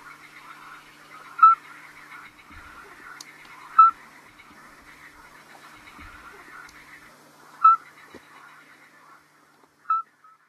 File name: alyte accoucheur